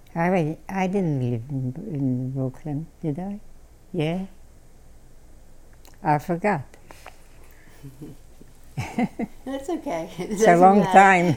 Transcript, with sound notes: I didn't live in Brooklyn, did I? Yeah? I forgot. ( they laugh )
That's okay.
It's a long time.